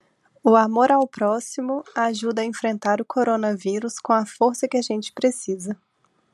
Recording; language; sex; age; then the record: spoken sentence; Brazilian Portuguese; female; 30 to 39 years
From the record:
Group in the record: control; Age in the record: 31 years